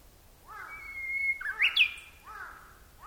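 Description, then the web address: Japanese bush warbler song: a sustained level whistle, then a bright rising flourish. Recorded at Nagaike. "nagaike uguisu"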